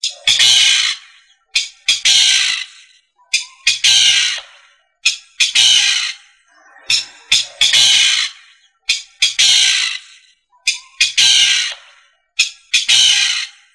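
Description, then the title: Rail giving loud, harsh, rasping calls in paired bursts, repeated roughly every one and a half to two seconds, with short silent gaps between. "LuckyFamilia RallidaeFrangoSama"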